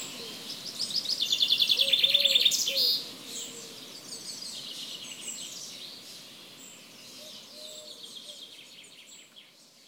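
Bird song: a fast, even trill of high repeated notes for about two seconds, followed by softer scattered chirps and a few low notes.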